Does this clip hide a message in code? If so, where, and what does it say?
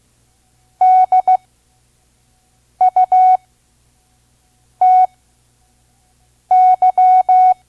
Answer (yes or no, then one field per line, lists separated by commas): yes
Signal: Morse code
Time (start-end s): 0.8-7.5 s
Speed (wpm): 15 wpm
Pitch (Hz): 740 Hz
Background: none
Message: DUTY